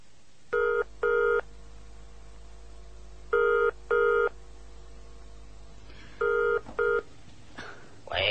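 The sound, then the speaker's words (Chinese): A telephone line rings out in three double bursts of a bright, buzzy electronic tone, with steady pauses between each pair and a brief rustle of noise at the very end, as a call is placed to a funeral parlour. “哦，咁快啲打啦。”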